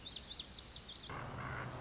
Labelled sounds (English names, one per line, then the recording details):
Lazuli Bunting
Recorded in Sonoma County, California